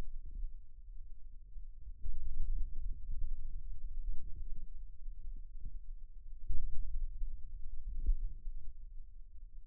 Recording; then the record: forearm muscle sounds (acoustic myography)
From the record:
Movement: finger pinch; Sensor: system 2, bracelet of six BSWA MPA416 microphones around the upper forearm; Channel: 1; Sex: male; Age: 22 years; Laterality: right